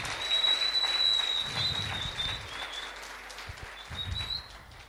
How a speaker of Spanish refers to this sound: ¿Cuántos le dan un aplauso a Dios?